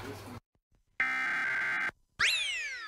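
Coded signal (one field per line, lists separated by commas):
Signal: Emergency Alert System (SAME) tones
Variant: header bursts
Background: speech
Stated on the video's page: Required monthly EAS tests from Utah, Kern and Los Angeles.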